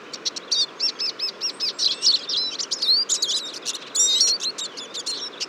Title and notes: Choeur de fringilles. 23 février 2014-Fourcinet - Drôme. à la mangeoire un grand nombre de Tarin des aulnes (Carduelis spinus)